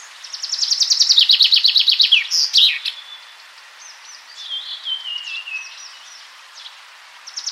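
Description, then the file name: Common chaffinch song: a loud, rapid run of falling trilled notes ending in a sharp flourish, followed by quieter chirps and a thin descending whistle. "Fringilla coelebs"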